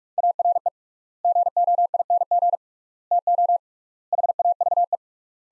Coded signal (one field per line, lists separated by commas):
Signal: Morse code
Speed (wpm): 46 wpm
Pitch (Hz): 700 Hz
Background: none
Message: ARE GOING TO HAVE